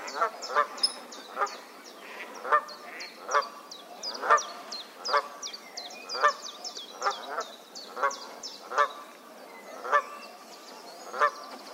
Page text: Herman van der Meer - Канадская казарка (Branta canadensis)